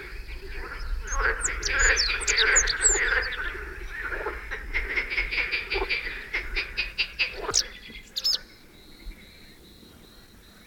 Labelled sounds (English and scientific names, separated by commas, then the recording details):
Rock Bunting (Emberiza cia) song, Marsh Frog (Pelophylax ridibundus)
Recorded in the wild
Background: Pelophylax ridibundus
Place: Melnik, Blagoewgrad, BG
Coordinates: 41.525, 23.392
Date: 1974-05-26
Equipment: Nagra III BH, Sennheiser MD 21, parabola
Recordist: Schubert, Michael
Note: Gesang Zippammer, Seefrösche